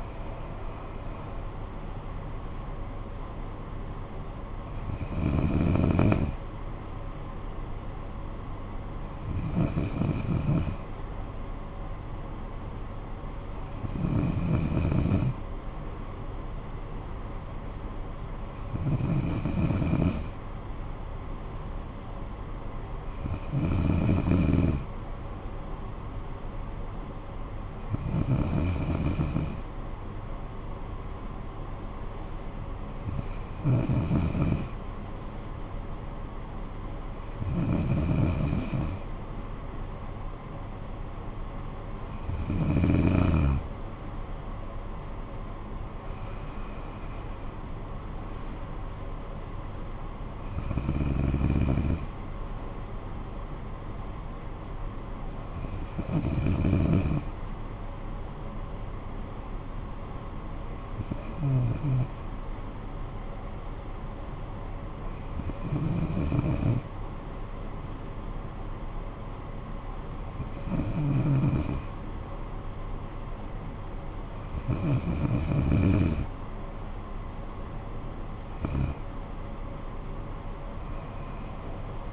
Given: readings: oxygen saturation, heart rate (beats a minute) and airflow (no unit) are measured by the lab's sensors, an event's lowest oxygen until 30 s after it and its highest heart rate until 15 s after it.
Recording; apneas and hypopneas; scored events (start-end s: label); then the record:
breathing in sleep by a smartphone at the bedside; none
none scored
From the record:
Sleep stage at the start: N2 (light sleep); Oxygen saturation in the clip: 94 to 95%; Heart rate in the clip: 54 to 73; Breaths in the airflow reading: 18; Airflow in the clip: -11.1 to 9.6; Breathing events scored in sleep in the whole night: 445 in 7.6 hours asleep